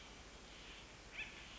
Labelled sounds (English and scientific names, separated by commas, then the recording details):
Acorn Woodpecker (Melanerpes formicivorus)
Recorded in Sonoma County, California